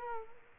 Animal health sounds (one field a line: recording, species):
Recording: mosquito wingbeat signal from an infrared sensor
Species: Culex quinquefasciatus